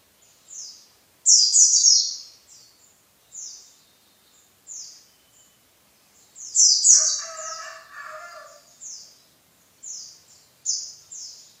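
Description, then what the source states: White-eye song, high descending chirps and short rolling bursts, with a brief lower warbling sound midway. Pleci in ngalas ngeroll singing style.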